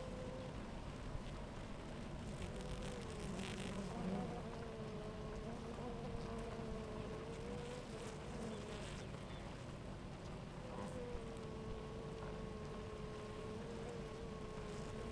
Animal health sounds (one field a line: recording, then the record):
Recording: honeybee colony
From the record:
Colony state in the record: active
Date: 28 July 2017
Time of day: 11:48